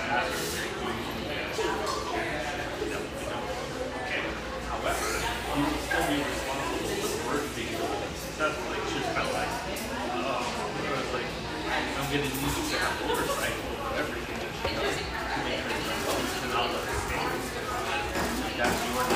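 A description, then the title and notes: Steady murmur of many overlapping voices fills an espresso joint in North Beach, dense and unbroken for the whole stretch. Frequent short clinks and clatters pop out of the chatter at irregular moments, over a low constant hum underneath. Murmur of this bright, airy espresso joint in the North Beach neighborhood of one of America's best third-wave coffee cities.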